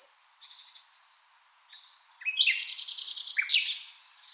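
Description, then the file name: Common nightingale song: short whistles and a brief rattle, a pause, then a loud rich burst of rapid notes ending in a falling phrase. "Luscinia megarhynchos"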